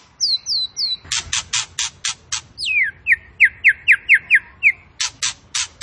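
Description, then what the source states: Tembakan bird song: three high falling whistles, harsh buzzy notes, a long downward slur, then a regular string of upslurred chips and more buzzy bursts. Tembakan bird singing actively; recording used to train cage birds.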